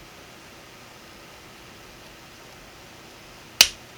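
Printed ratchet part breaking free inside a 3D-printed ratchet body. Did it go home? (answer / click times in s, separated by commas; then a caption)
released / 3.6 s. A print-in-place part of a one-piece 3D-printed plastic 1/2-inch quick-release ratchet is wiggled with wire cutters to break it free of its print supports. After about 3.6 seconds of near silence, a single sharp click sounds at 3.6 s and quickly decays. The part has broken loose and can now slide into position.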